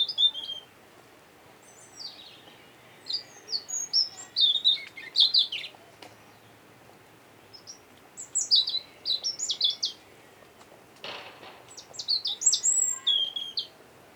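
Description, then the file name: European robin singing a run of high, varied phrases of thin whistles and rapid trills with brief gaps between. "Erithacus rubecula"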